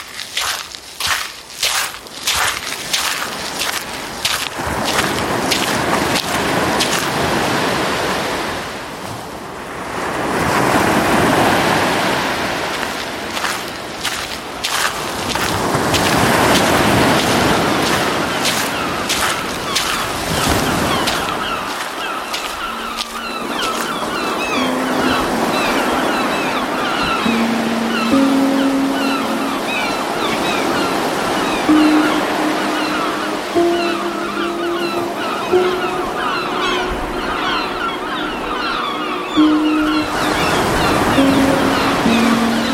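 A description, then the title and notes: Close seaside waves rush and fizz, with a crackling, pebbly hiss in the first ten seconds and full surges swelling around 11, 16 and 20 seconds. Afterward the wash settles into a steadier roar while higher calls and wavering tones drift through the background. Ambience, Seaside Waves, Close.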